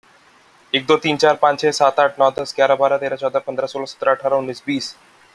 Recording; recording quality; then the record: counting at a fast pace; excellent, no background noise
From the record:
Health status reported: healthy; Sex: male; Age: 25 years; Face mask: not worn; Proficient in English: no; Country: India